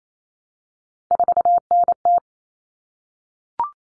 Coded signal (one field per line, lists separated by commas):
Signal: Morse code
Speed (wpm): 28 wpm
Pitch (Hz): 700 Hz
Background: none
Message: 4NT